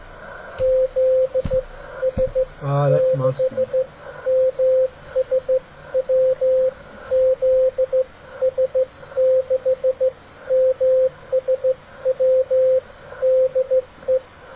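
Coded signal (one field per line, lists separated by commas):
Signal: Morse code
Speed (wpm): 15 wpm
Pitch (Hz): 520 Hz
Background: radio noise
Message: ZS6MSW ZS6MSW DE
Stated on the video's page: Slow-speed QRS contact with a station 482 km away.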